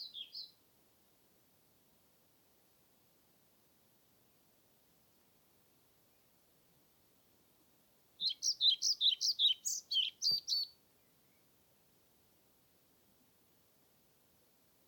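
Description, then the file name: European Pied Flycatcher, a single bright phrase of many quick high notes midway, with a brief fragment at the start and a soft click. Submitted recording, dated 25 May 2021, from Nordvik; made with a Zoom recorder. "20210525 svarthvit nordvik zoom"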